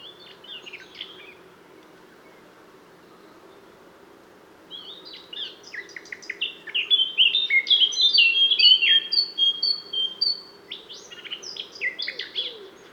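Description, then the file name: Eurasian blackcap song: a few soft scratchy notes, a quiet pause, then a loud, rapid, warbling outburst of clear fluted whistles and chattering notes lasting several seconds. "Sylvia atricapilla"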